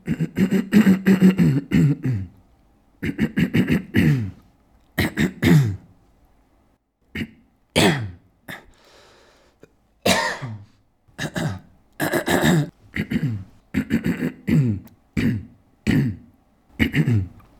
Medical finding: Hem Throat Clearing.